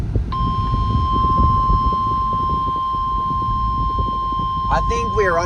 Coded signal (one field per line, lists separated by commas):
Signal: Emergency Alert System (SAME) tones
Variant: 1050 Hz attention tone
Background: speech